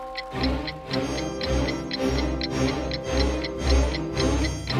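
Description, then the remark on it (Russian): A clock strikes with steady, evenly spaced metallic beats, about seven in under five seconds, over a sustained ringing hum. No voices are heard. “Часы снова пробили и показались 10 советников.”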